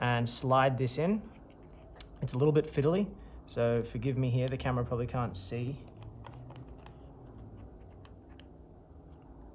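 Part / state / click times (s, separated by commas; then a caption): SIM card into rugged tablet SIM slot / not seated / none. A data SIM card is slid into the SIM slot of a Panasonic FZ-A3 rugged tablet while someone talks, with faint ticks and small handling taps in the quieter last seconds. The insertion is fiddly, and nothing has seated or clicked yet.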